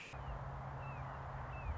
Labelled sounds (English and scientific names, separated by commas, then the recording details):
Red-shouldered Hawk (Buteo lineatus)
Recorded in Sonoma County, California